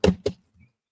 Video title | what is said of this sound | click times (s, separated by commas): LEGO Star Wars UCS Jango Fett's Starship Live Build w/ BlocksBricks! Enter Giveaway! LEGO Set 75409 | Turn this around, make sure all this snaps into place. | 0.0 s, 0.3 s